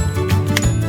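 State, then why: Seated. A plastic locking piece is slid onto the head chamber assembly of a 3DIT Character Creator Starter Set toy 3D figure maker by Jakks Pacific, then pushed and rotated until it locks into place. Faint rustling and handling noise build to one sharp, bright click at 0.6 s. The piece is confirmed seated and locked.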